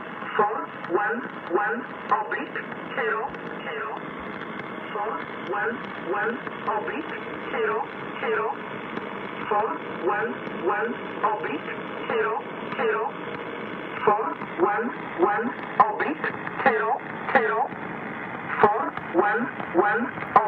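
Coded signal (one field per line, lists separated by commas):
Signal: numbers station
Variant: E11 (Oblique)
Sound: a voice reading short, evenly spaced words over shortwave hiss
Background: radio static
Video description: Numbertation E11, empfangen am 04.01.2018, um 17.30 UTC, mit Sommerkamp (Yaesu) FRG 7700 und Grundig Satellit 500 in Buseck Germany.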